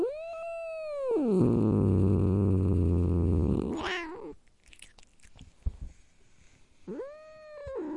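Domestic cat yowls, then breaks into a deep, rumbling growl, a rising squall, a quiet pause, and another short yowl.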